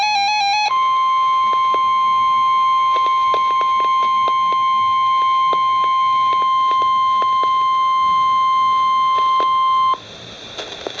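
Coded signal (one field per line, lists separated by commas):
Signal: Emergency Alert System (SAME) tones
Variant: 1050 Hz attention tone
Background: music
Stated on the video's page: Real NOAA Weather Radio alert tones for a Severe Thunderstorm Warning.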